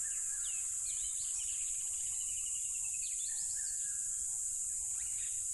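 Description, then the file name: Constant shrill cricket trilling, with birds adding quick whistled phrases and a few downslurred chirps. Loud crickets beside a tropical river. "smartsound ATMO NATURE Tropical River Loud Crickets"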